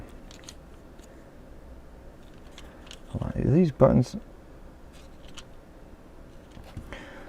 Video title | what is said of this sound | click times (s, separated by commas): Changing Nintendo Switch Pro Controller Shell | for some reason, it's not clicking in the right spot. | none